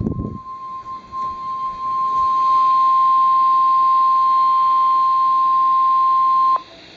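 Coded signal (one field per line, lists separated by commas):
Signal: Emergency Alert System (SAME) tones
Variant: 1050 Hz attention tone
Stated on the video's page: Real severe thunderstorm warning received on NOAA Weather Radio.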